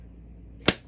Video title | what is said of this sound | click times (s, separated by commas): Unboxing the New RC4wd 1982 Toyota TF2, Opening Hood, Spring Under Axle & More! | This is super, that even snaps back into place. | 0.7 s